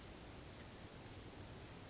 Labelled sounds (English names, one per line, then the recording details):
Western Flycatcher
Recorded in Sonoma County, California